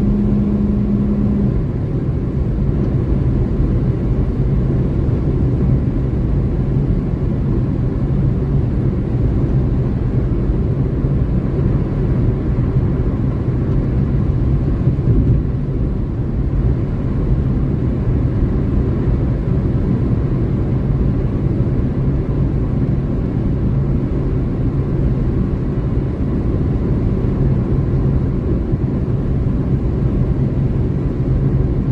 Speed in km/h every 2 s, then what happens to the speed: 160, 160, 159, 159, 160, 160, 159, 158, 159, 158, 157, 157, 157, 157, 157, 157.
0-32 steady at about 158.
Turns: none.